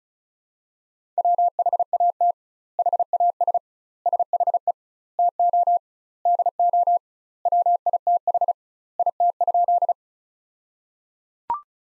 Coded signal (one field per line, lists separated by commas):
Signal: Morse code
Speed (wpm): 34 wpm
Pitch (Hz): 700 Hz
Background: none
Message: WHAT HAS SHE TO DO WITH IT?